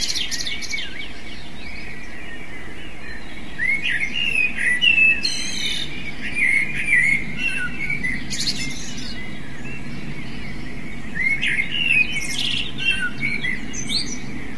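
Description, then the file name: Eurasian blackbird singing mellow, fluting warbled phrases, each ending in a thin high squeaky twitter, repeated with short pauses over a steady low background rumble. "merle"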